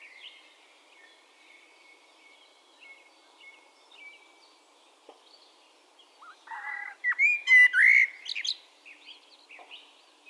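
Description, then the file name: Common blackbird delivering a single loud phrase of mellow whistles trailing into a high squeaky twitter, preceded by thin faint song from other birds. "Turdus merula"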